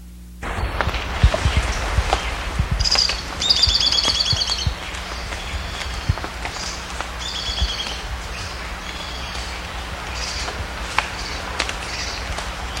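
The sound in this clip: Bird calls: short bursts of bright, buzzy chirps with stacked tones, scattered throughout, over steady low rumbling background noise and faint scattered ticks.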